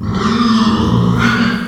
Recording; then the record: squeal of a Yucatan mini pig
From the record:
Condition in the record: after surgery on the right vocal fold (resection and tissue-engineered implant); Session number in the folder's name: 15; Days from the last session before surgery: 175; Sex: female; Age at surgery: 19 weeks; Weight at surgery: 25 kg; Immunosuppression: prednisolone